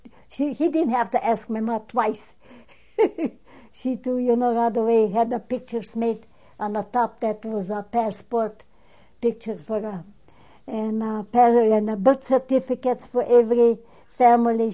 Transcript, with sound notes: He didn't have to ask my ma twice. (She laughs.) She, too, you know, got away, had the pictures made, and on top of that was our passport picture for, and preparing, and the birth certificates for every family.